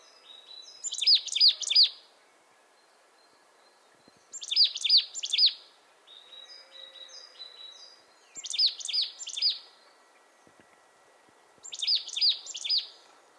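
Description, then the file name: Marsh tit calls in four bursts of several sharp, high notes, repeated about every three to four seconds, with faint chirps between. "Poecile palustris"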